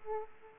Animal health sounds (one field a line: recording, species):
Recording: mosquito wingbeat signal from an infrared sensor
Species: Aedes aegypti